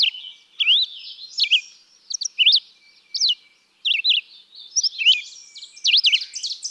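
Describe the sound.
Red-eyed vireo giving choppy whistled phrases that swoop up and down, spaced by short pauses, with softer bird chatter filling the background.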